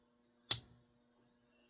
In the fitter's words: It's got plenty of snap now.